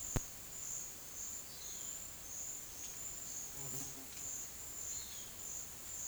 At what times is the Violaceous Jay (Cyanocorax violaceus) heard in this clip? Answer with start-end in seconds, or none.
1.38-6.08